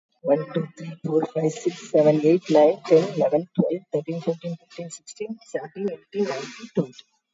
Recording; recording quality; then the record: counting at a fast pace; excellent, no background noise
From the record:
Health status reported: COVID-19 positive, mild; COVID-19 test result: positive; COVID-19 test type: RT-PCR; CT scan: taken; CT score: 3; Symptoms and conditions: cough, cold, fatigue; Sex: female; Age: 62 years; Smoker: no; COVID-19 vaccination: both doses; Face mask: worn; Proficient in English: yes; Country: India